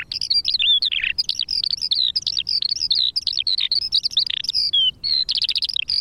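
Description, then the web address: Eurasian skylark singing a fast babble of sharp chirps, short whistles and buzzy trills, high-pitched and tumbling over one another. Recorded at Silver Strand. "Silver Strand videos skylark"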